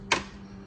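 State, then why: Released. A screwdriver is slid under the edge of a plastic push-pin clip holding the cold air intake on a 2009–2015 Honda Pilot, and the centre pin pops out first with one sharp click at 0.1 s. The clip is released, and the rest of the clip is a faint steady hum.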